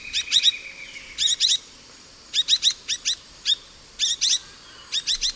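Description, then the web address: Rufous-bellied euphonia giving sharp, clipped call notes singly, in quick pairs and in triplets, repeated throughout with short pauses between groups. Recorded in the eastern lowlands of South America. "Natures Songs S America Eastern Lowlands Rufous-bellied Euphonia"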